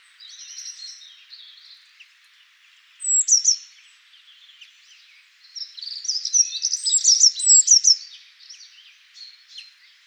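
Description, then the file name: Eurasian blue tit calling with a brief high twitter, then a longer excited run of sharp, scratchy chattering notes that fades into scattered chips. "Cyanistes caeruleus"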